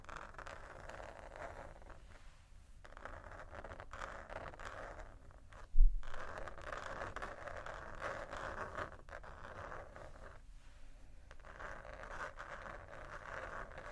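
Slow scratching across a textured surface comes in long, gritty strokes, each lasting a couple of seconds with brief pauses between them near 3, 5.5 and 10.5 seconds. A single sharp tap lands just before 6 seconds, louder than anything else.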